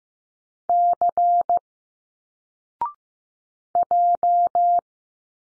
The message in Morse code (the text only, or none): C J